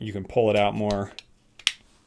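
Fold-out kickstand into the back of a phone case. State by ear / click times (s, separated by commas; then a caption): seated / 1.7 s. Someone talks, then pulls the fold-out kickstand on the back of a rugged Samsung Note 9 phone case further out and pushes it closed. A faint tick comes at 1.6 s, and the kickstand snaps back into its recess in the case with a sharp click at 1.7 s.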